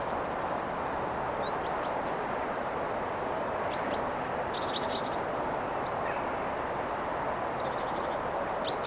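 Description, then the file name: Great tit calls: short, high, downslurred chirps in quick clusters, repeated several times over steady background noise. "Parus major"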